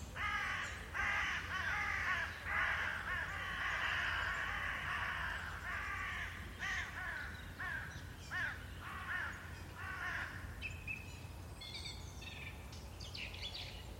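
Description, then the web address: Bird giving a dense series of hoarse cawing calls, thinning to scattered shorter calls toward the end, over a low background rumble. "cianscape. Deverinetal 2025. Bird Only"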